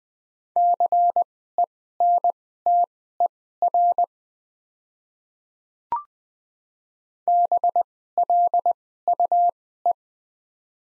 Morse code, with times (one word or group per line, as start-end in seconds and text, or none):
0.6-4.0 CENTER
7.3-9.9 BLUE